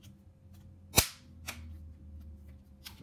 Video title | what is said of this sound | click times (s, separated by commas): G5-793-72AU How to replace laptop screen for Acer Predator LCD | I can feel one resisting here so I'm just kind of lifting it up replacing it until it wants to click into place so | 1.0 s